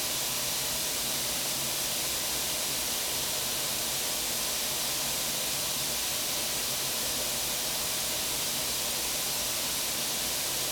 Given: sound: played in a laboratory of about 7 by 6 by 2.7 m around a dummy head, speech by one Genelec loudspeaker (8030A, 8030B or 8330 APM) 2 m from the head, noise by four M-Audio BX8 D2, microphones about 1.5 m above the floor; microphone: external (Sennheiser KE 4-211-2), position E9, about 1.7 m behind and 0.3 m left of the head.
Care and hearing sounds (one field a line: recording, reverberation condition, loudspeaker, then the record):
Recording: white noise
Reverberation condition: medium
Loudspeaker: four, about 170 cm from the corners of the room and facing them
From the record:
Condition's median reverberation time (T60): about 510 ms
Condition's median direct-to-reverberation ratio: about -0.5 dB